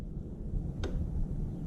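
A torque wrench tightens the metal oil drain bolt with its washer into the crankcase of a Yamaha XSR 900 motorcycle to 43 Nm. A sharp, bright snap sounds at 0.8 s over a steady low rumble as the wrench clicks at its setting. The bolt reaches the set torque.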